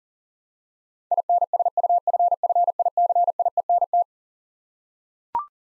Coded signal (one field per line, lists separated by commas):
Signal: Morse code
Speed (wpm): 37 wpm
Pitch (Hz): 700 Hz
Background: none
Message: INSUFFICIENT